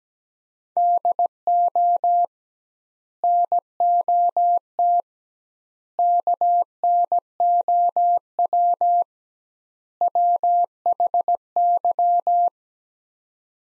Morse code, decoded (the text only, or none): DO NOT KNOW WHY